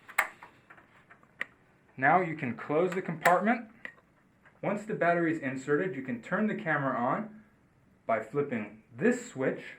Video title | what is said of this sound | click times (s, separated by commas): MRTS 2210 DVX DEMO | push the battery in and you'll hear a click | 0.2 s